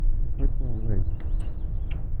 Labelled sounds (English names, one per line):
House Finch song